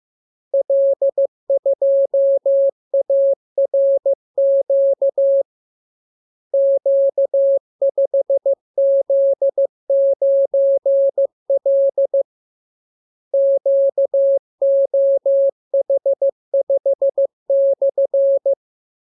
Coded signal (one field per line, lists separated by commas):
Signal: Morse code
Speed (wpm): 15 wpm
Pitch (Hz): 550 Hz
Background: none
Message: L2ARQ Q5Z9L QOH5/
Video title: Learning Morse Code. Lesson 28. Letter KMURESNAPTLWI.JZ=FOY,VG5/Q92H